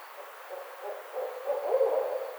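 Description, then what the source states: Barred owl giving low hoots that build in strength toward the end, with soft background hiss throughout. Recorded 29 May 2009.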